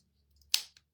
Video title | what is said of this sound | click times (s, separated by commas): Get ready with me & let’s debrief Stagecoach, PLUS a fun giveaway!! | Hear a click. | 0.5 s